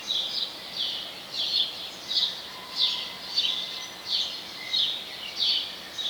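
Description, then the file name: House sparrow chirps, clear notes repeating at a steady pace, over faint steady hiss. "Passer domesticus"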